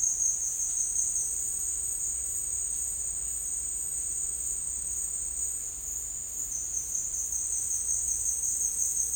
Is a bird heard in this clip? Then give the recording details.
no. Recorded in secondary vegetation near Puerto Asís, Putumayo, Colombia, on 21 December 2024 at 14:00. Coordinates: 0.484, -76.319. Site GP06